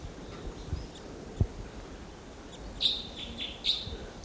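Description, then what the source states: Red Crossbill (Type 2): crossbill calls, two short high chips near the end with a fainter note between, after a couple of low knocks, over steady hiss. Type 2 crossbills, wild, about four to five birds calling together at the top of a lodgepole pine.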